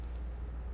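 The ratchet stop on a micrometer thimble is turned until it reaches its set limiting force, giving two short, bright clicks at 0.0 and 0.2 s over a steady low hum. The ratchet clicks at its set force, confirming the torque limit is reached.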